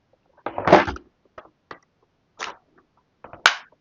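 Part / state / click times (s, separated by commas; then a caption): cleaning attachment into cordless stick vacuum / seated / 3.5 s. A plastic cleaning attachment is pushed onto a cordless stick vacuum, with a burst of rustling and scraping around 0.5–1.0 s and a few lighter knocks. A sharp snap at 3.5 s marks the attachment seating firmly in place.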